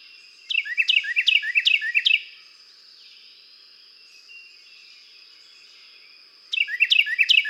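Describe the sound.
Carolina wren singing five quick, loud rolling phrases, then about four seconds of quiet with a faint high hum, then another series of phrases starts.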